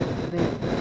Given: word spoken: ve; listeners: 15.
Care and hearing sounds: one Spanish word in noise, from a listening test; noise modulated by three-talker babble; -3.0 dB; 0 of 15; 6 of 15; 0.41 s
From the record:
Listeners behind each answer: 6, 1, 1, 1, 1, 1, 1, 1, 1, 1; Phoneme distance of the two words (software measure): 7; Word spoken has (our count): 1 syllable, 2 phonemes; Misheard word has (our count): 1 syllable, 3 phonemes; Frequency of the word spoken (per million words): 124.92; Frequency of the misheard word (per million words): 435.76

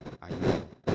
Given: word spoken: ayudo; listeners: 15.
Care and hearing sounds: one Spanish word in noise, from a listening test; noise modulated by one talker; -12.1 dB; 0 of 15; 6 of 15; 0.55 s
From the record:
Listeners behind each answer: 6, 3, 2, 1, 1, 1, 1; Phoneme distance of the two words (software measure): 10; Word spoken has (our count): 3 syllables, 5 phonemes, stress on syllable 2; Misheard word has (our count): 3 syllables, 5 phonemes, stress on syllable 2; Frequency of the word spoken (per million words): 1.37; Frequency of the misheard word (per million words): 137.11

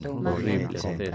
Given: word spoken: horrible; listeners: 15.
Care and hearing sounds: one Spanish word in noise, from a listening test; four-talker babble; -1.1 dB; 5 of 15; 7 of 15; 0.76 s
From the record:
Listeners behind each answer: 7, 5, 1, 1, 1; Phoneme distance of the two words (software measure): 42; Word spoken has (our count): 3 syllables, 6 phonemes, stress on syllable 2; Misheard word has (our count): 2 syllables, 4 phonemes, stress on syllable 1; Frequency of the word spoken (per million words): 12.97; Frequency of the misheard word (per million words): 73.67

